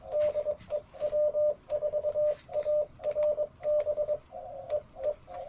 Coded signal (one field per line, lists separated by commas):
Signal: Morse code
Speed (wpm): 21 wpm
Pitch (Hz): 600 Hz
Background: none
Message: DE W4ARB EE